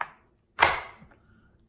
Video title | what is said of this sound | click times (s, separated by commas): THE ARMZMEN Holsters | okay here's this one clicks | 0.6 s